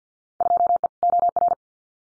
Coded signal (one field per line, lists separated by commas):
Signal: Morse code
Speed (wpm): 50 wpm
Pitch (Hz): 700 Hz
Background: none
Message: 2E OR